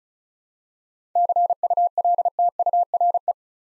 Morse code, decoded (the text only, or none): CULTURE